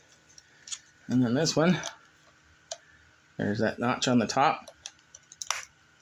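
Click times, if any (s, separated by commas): 5.5 s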